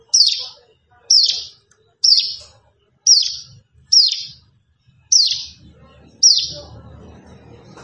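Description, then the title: Plain prinia with a series of harsh descending high chirps about once a second; a low rumbling noise rises toward the end. "Ciblek Sawah 1"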